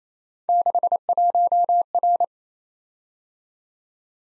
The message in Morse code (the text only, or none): 61R